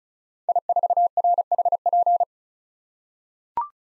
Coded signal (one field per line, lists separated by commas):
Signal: Morse code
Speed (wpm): 34 wpm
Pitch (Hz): 700 Hz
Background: none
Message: I4RHP